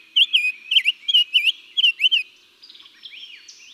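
Summer tanager song: clear, whistled phrases rising and falling in quick succession for about two seconds, then fainter, higher notes.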